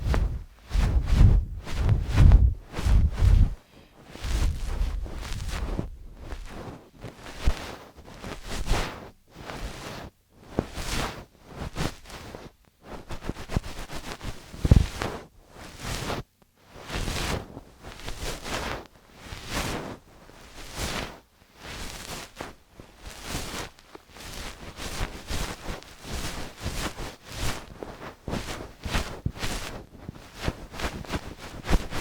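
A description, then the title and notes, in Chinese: Ear cleaning with a fluffy ear pick alongside massage. Dense, irregular scratching and brushing strokes run the whole time, crisp and bright, with soft pauses between bursts. The first few seconds carry heavy, low muffled thumps that fade after about four seconds. 梵天掏耳和按摩。3D按摩与掏耳一起来。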